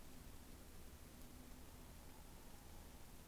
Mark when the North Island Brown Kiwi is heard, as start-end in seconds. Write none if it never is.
none